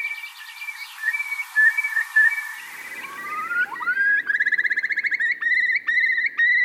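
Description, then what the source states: Eurasian curlew song: steady whistled notes give way to rising slurs that build into a fast bubbling trill, then longer notes broken by sharp upward flicks. Call said to interweave major and minor keys thanks to a special voice box and to stop people in their tracks; species once bred on Ashdown Forest but is now gone there.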